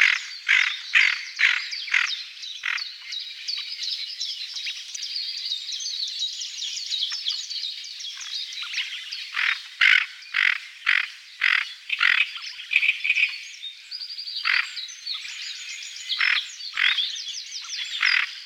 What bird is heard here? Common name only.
Tufted Duck